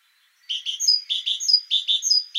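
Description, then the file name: Great tit calls: repeated phrases of two coarse, buzzy notes and a bright high note, about three and a half phrases in quick, even succession. "Parus major"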